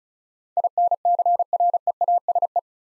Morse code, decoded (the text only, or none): INCREASE